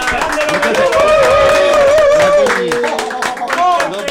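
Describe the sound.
A group claps steadily for several seconds while voices cheer and call out over it, one high sustained whoop riding on top before the applause thins toward the end.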